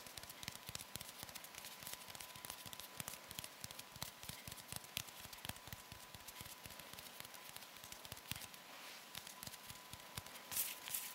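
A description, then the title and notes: Hands rub and flutter, making a dense, fast run of soft crackling ticks and taps that continues without pause. A faint steady whine hangs underneath, and near the end a brighter, louder scratching burst stands out. ASMR Soothing Hand Sounds (Fluttering, Rubbing, Plucking, Hand Cream ...)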